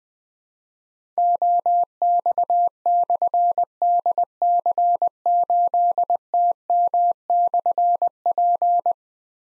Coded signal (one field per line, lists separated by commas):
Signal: Morse code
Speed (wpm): 20 wpm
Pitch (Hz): 700 Hz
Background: none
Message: OX/DC8TM/P